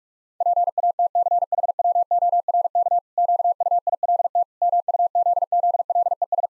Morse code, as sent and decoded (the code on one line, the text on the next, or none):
.--. .- - -.-. .... .-- --- .-. -.- / --.- ..- .. .-.. - / -- ..- --.. --.. .-.. . ...
PATCHWORK QUILT MUZZLES